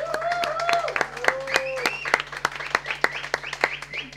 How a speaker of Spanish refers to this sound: Todos los profesionales de la medicina, tremendos, todos un gran aplauso para ellos, por favor.